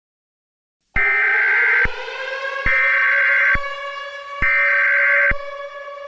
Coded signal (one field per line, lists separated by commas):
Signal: Emergency Alert System (SAME) tones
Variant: header bursts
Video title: The "Spiral" Of Death (TORNADO EAS SCENARIO)